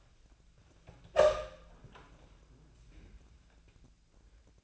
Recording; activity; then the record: daily activity, microphone in the room; open door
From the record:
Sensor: 2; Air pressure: 1000.3 hPa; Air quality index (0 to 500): 159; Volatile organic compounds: 3 ppm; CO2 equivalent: 1330 ppm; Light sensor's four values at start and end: 10/24/10/11 and 10/25/10/11